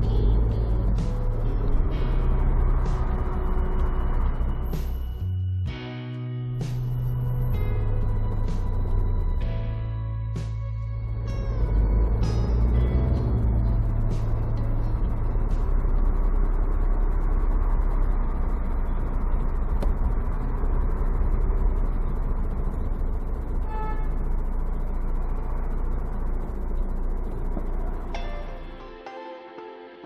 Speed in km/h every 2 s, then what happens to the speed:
13, 15, 13, 8, 6, 11, 15, 15, 15, 14, 14, 9, 0, 0, 0.
0-5 steady at about 13. 5-8 slows to 6. 8-12 speeds up to 15. 12-21 steady at about 15. 21-24 brakes to 0. 24-30 standing.